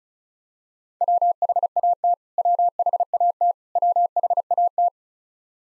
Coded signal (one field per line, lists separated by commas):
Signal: Morse code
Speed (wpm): 36 wpm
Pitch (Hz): 700 Hz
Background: none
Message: WHAT WHAT WHAT